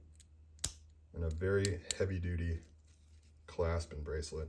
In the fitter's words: and then it locks into place